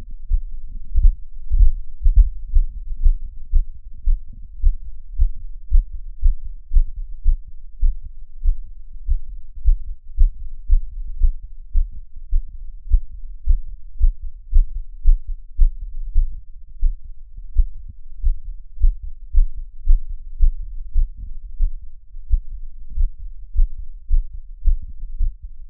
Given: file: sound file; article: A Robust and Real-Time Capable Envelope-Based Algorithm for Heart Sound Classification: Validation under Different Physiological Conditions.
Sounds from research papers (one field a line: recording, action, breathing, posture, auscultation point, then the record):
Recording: heart sounds by electronic stethoscope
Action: after 5 min of sport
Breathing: deep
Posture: sitting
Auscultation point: Erb’s point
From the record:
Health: healthy, no known heart disease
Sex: male